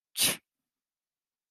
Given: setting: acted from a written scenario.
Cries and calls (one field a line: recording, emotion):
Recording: vocal sound without words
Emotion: contempt